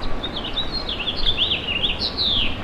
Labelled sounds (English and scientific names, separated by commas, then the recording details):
House Finch (Haemorhous mexicanus) song
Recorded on Long Island, New York, on 24 June 2012
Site SO
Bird A